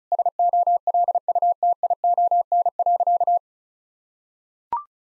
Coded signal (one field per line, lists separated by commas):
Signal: Morse code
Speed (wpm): 36 wpm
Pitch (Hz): 700 Hz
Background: none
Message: SOLUTION.